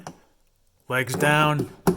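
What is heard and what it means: A plastic license plate lamp cover for a 2012 Toyota Prius is handled at the bumper opening during a bulb replacement, with a short tap at 0.1 s. Someone then talks, and a brief sharp knock comes at the very end. Nothing has seated or clicked yet; the cover is not home.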